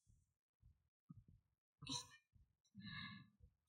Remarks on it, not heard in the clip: Placing your head on my chest. Can you hear my heart beating?